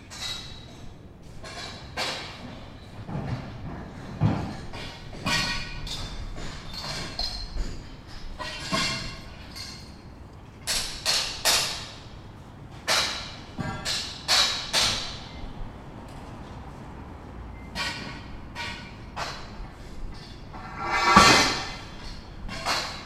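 Scaffold building: irregular knocks, clanks and thuds of poles and fittings arrive every second or so, some sharp and ringing, some dull. A louder metallic clatter stands out near the twentieth second, over a low steady hum of the site.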